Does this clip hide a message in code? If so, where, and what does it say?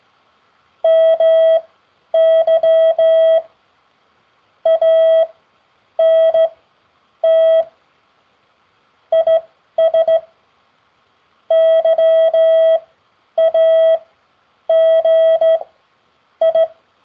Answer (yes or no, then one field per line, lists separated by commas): yes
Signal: Morse code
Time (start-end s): 0.9-16.6 s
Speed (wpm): 16 wpm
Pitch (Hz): 650 Hz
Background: none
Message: MY ANT IS YAGI